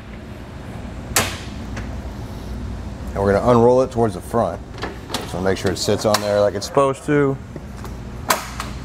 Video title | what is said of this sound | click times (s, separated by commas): etrailer - Setting up the BAK Revolver X4s Hard Tonneau Cover on your 2022 Ford Maverick | that clicked in and roll it up we're gonna get all the materials out of there as we do this now | 8.3 s